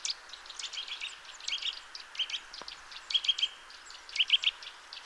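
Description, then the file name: Eurasian nuthatch calls: short, sharp chirping notes in irregular clusters, some with a clear tonal ring, scattered across five seconds over a faint background hiss. "Sitta europaea"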